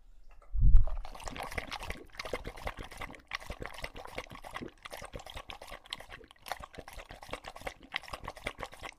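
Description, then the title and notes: English Bulldog lapping water: a low thump at the start, then rapid, rhythmic wet slurps and splashes repeating several times per second for the rest. Male English Bulldog named Lucho drinking from a water bowl after a long walk, breathing heavily and out of breath between drinks. "English Bulldog Drinks from Water Bowl - Weird Sounds. listen to Lucho the English Bulldog as he tries to drink water after a long walk. Don't let his heavy breathing fool you in between drinks, he's equally out of breath from the walk"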